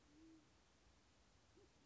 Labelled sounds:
Band-tailed Pigeon (Patagioenas fasciata)
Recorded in Sonoma County, California

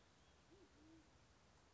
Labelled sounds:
Band-tailed Pigeon (Patagioenas fasciata)
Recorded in Sonoma County, California

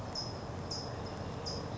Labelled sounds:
California Towhee (Melozone crissalis)
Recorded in Sonoma County, California

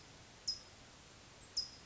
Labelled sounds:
California Towhee (Melozone crissalis)
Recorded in Sonoma County, California

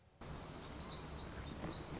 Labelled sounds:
Black-throated Gray Warbler (Setophaga nigrescens)
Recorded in Sonoma County, California

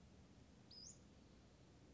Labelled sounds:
Western Flycatcher (Empidonax difficilis)
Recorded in Sonoma County, California

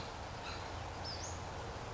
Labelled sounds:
Western Flycatcher (Empidonax difficilis)
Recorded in Sonoma County, California

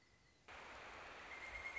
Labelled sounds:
Pileated Woodpecker (Dryocopus pileatus)
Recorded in Sonoma County, California

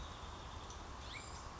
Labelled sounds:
American Robin (Turdus migratorius)
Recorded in Sonoma County, California

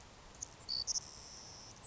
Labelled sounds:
Savannah Sparrow (Passerculus sandwichensis)
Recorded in Sonoma County, California

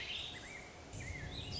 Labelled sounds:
Warbling Vireo (Vireo gilvus)
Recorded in Sonoma County, California

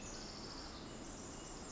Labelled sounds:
Pacific Wren (Troglodytes pacificus)
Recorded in Sonoma County, California

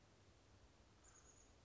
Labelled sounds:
Chestnut-backed Chickadee (Poecile rufescens)
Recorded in Sonoma County, California

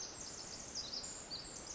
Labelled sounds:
Pacific Wren (Troglodytes pacificus)
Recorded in Sonoma County, California

